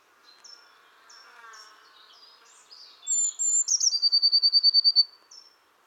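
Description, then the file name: Eurasian blue tit: a few short high chips over a low hum, then a thin whistle and a fast trill of about twelve notes. "Cyanistes caeruleus"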